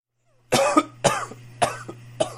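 Four sharp, explosive coughs from an adult come about half a second apart, each a sudden burst that fades quickly, with a brief catch after the first two. A plain series of dry-sounding coughs over a low steady electrical hum.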